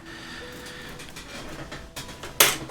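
A first DDR5 memory stick is pressed down into a motherboard DIMM slot over a low steady hiss, with a few faint taps and scrapes building up. At 2.4 s the retention clip snaps shut with a sharp, bright click, and the stick is seated.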